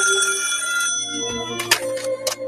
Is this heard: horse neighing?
no